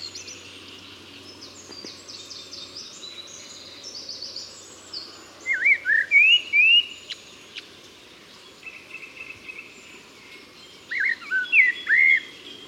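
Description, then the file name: Common blackbird song: two short bursts of warbled whistles several seconds apart, against a backdrop of faint high chirps from other birds. "Turdus merula"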